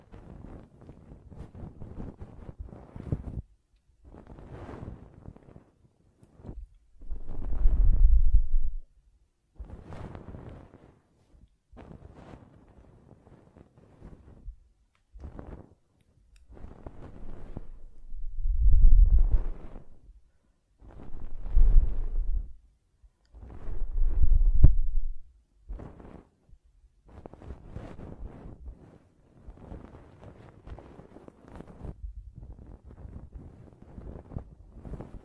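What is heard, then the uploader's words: Ear cleaning and blowing: a series of short rustling, scraping bursts separated by brief silences, recurring every second or two. Stronger low, booming puffs of blowing rise around 8, 19, 22 and 25 seconds, with quieter scratchy rubbing between them. ASMR Ear Cleaning and Blowing (No Talking).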